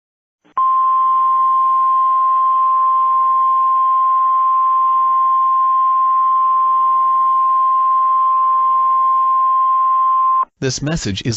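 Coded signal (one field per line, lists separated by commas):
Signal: Emergency Alert System (SAME) tones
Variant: 1050 Hz attention tone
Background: speech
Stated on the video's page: Fictional EAS scenario depicting an attack on Minneapolis; simulated alert.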